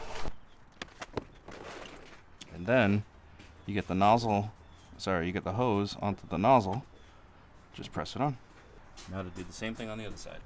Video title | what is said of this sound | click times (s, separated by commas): Fixing my busted windshield washer nozzles in my 2014 Jeep Grand Cherokee Overland | you get it through then you just literally push it until it snaps into place and | 0.8 s